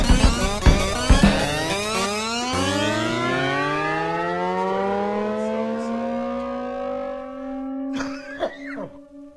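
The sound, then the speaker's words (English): A race car engine roars and climbs steadily in pitch, a loud sustained whine with strong harmonics, after a few sharp bursts at the start and some clattering near the end. “Nice! Race cars!”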